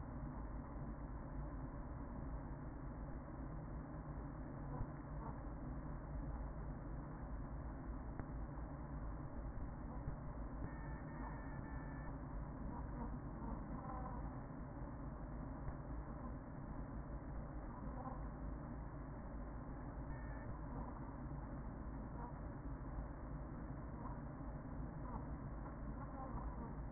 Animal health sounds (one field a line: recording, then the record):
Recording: honeybee colony, microphone inside the hive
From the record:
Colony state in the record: queen present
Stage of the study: after two queens were removed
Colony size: about 40,000 bees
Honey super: no